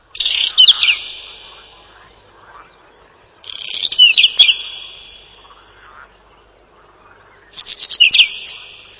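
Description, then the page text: Whinchat song: three short chattering phrases with thin whistled notes, roughly every four seconds, over a faint low background hiss. Song described as a short twittering trill. "Луговой чекан — Saxicola rubetra"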